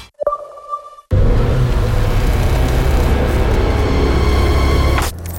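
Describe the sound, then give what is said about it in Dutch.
A brief sharp tick, like a stone striking a car's windshield and damaging it, rings out with a fading tone, then the car's loud, steady engine and road roar takes over for about four seconds as it drives on. “Auw, dat wordt een nieuwe ruit.”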